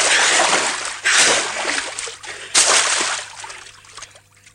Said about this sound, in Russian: Заур зашел в ручей, стоя на коленях на дне ручья, бьет по воде руками.